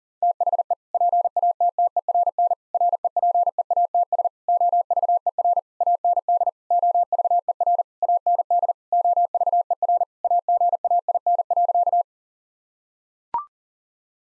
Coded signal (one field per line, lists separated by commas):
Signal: Morse code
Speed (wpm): 40 wpm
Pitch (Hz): 700 Hz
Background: none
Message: THE PATTERN REPEATS OVER AND OVER AND OVER AGAIN.